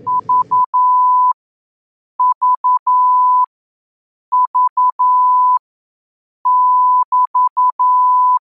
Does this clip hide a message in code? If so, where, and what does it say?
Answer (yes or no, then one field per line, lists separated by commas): yes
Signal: Morse code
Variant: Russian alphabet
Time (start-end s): 0.1-8.4 s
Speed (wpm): 11 wpm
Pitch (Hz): 1000 Hz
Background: none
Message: ЖЖЖ<BT>